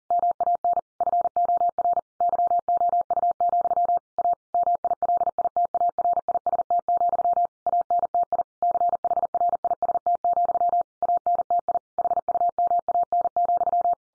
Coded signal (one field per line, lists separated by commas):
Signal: Morse code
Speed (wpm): 40 wpm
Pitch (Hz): 700 Hz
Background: none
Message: MAN FOR YOU, A MILITARIST, ANTI CHRIST, ANTI HUMAN,